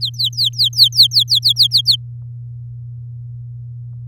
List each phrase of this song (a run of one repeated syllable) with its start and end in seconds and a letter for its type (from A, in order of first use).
0.01-1.24 A, 1.28-1.96 B